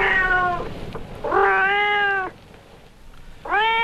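Domestic cat meowing three times, harmonic-rich meows separated by quiet gaps.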